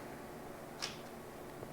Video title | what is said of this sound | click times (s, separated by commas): AINIRO Trigger LOCK unboxing and review | and that'll go over your trigger guard and then it locks into place just like that | 0.8 s